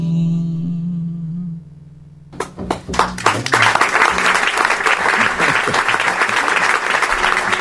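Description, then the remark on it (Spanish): A few seconds of tonal music give way to a sudden burst of recorded crowd applause played as an effect on radio station FM Los Coihues 105.5 MHz, many hands clapping loudly and continuously until the end. “Trajimos acá el coro de aplaudidores.”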